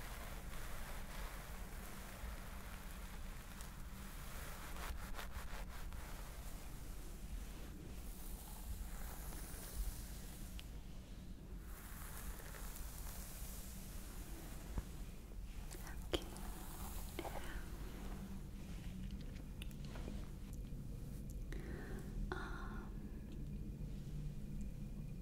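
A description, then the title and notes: A scalp massage: fingers rub and scratch steadily through hair, making a dense, rustling hiss that comes in soft waves. A low constant rumble sits underneath, and short crackly scrapes stand out now and then, especially around the middle and end. ASMR Stress Relieving Scalp Massage ASMR.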